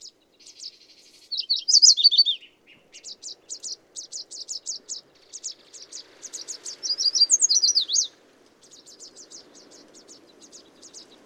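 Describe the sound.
Bird singing two loud, tumbling trilled phrases, with rhythmic series of short high ticks between them and a soft low hum underneath.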